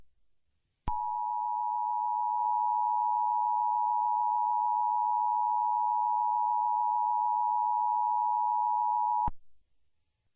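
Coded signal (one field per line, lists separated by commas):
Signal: Emergency Alert System (SAME) tones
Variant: 853 and 960 Hz attention tone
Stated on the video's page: Fictional EAS scenario; the alert is not a real government message or emergency broadcast.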